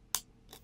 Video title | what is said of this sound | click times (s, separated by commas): Nokia Lumia 1020 - MPERO IMPACT X Series Kickstand Case | slide it all the way down and you'll hear the click. | 0.2 s